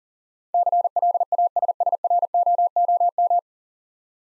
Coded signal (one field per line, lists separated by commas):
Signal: Morse code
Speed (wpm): 43 wpm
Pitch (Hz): 700 Hz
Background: none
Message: CLASSROOM